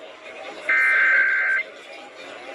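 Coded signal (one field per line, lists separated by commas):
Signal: Emergency Alert System (SAME) tones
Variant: header bursts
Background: speech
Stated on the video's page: Illinois required monthly test alert relayed on an AM and an FM broadcast station.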